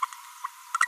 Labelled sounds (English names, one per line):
Green-rumped Parrotlet babbling